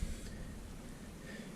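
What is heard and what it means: A battery pack for a NEHEME NH330 mini drone is lined up and tipped into the drone's battery bay at an angle, ready to be pushed down so a retainer tab holds it in place. Only a steady, soft broadband hiss with some low rumble is heard. Nothing has seated or clicked yet.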